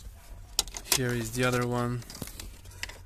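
A plastic trim piece on the other side of the center console of a Mercedes CLK W209/C209 (W203 platform) being fitted during a facelift interior retrofit is pressed in by its tabs and snaps into place with a sharp click at 0.6 s. A few lighter ticks follow, and someone talks.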